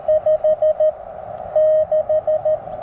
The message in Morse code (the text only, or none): 56